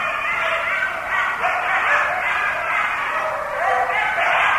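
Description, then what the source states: Coyotes in a dense group chorus of overlapping high yips, warbles and short wavering howls, continuous throughout with no pause. Recorded on 6 November 2010; several coyotes.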